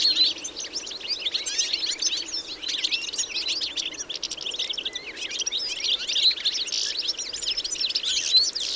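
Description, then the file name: European goldfinch twitters, a steady, busy chatter of thin high notes over the whole stretch, with a few clearer tweets standing out. "Carduelis carduelis"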